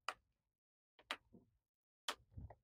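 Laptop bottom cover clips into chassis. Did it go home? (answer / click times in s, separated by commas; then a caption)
yes / 0.1 s, 1.1 s, 2.1 s. Three sharp clicks at 0.1, 1.1 and 2.1 seconds come from the plastic bottom cover of a Lenovo ThinkPad X270 laptop being pushed down around the external battery area so its clips snap into the chassis. Each click is followed by softer low rustling, with a faint extra tick near 2.5 seconds. The cover is seated, its clips snapped in.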